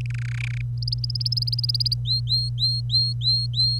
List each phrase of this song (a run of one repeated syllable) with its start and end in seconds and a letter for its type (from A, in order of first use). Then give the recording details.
0.01-0.06 A, 0.10-0.61 B, 0.78-1.94 C, 2.05-3.79 D. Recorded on 25 April 2018 at 06:09. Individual llb3